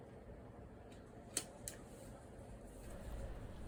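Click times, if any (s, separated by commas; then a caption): 1.4 s, 1.7 s. The clasp of a ceremonial Dae belt, fastened around a finished court robe, snaps shut with sharp clicks at 1.4 s and 1.7 s over a quiet, steady background. The belt is securely closed.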